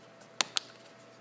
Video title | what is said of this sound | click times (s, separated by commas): GoPro Hero HD 2 Unboxing | back on, just clicks back in nicely. | 0.4 s, 0.6 s